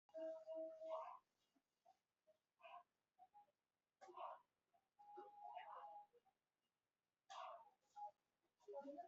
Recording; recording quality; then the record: deep breathing; moderate, slight background noise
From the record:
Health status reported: COVID-19 positive, moderate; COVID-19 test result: positive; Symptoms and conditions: cough, cold, fever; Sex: male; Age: 34 years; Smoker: not ticked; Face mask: worn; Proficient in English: no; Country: India